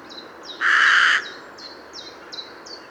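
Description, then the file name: Carrion crow giving one harsh drawn-out caw, while a small bird repeats thin high notes around it. "Corvus corone"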